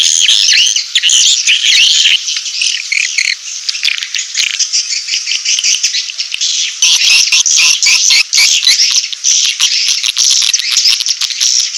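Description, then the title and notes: Swiftlet chirps: high, wavering twitters, then rapid clicking chirps after about seven seconds, all densely layered. Swiftlet farming sound from Asia. "Swiflet Bird Sound. Farming Swiflet Bird asia sound"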